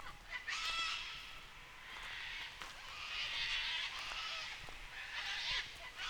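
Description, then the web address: Cockatoos screeching in long, rasping, nearly unbroken bursts, with harsh raucous calls overlapping throughout. Cockatoos in Nightcap National Park, Australia. "Les Cartes Postales Sonores NOISE ON EARTH Vol 7 AUSTRALIA Les Cartes Postales Sonores Cocatoes of Nightcap NP"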